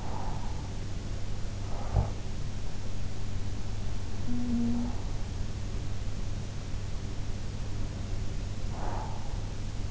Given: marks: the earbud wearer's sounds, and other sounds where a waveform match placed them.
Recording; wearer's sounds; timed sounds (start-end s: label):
sounds in sleep by an in-ear microphone; snoring breath, breath
0.00-2.20 s: snoring breath
4.19-5.24 s: sound from someone else or the room
8.64-9.37 s: breath